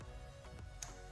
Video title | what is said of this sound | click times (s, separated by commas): 2023-2025 CHEVY TRAX LT (1.2L LIH turbo I3) Replace Vapor Canister Purge Solenoid Valve | Okay, that's one click. | 0.8 s